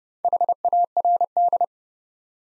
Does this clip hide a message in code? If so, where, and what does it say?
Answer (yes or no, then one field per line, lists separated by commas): yes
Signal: Morse code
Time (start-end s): 0.2-1.6 s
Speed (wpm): 28 wpm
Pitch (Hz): 700 Hz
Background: none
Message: HARD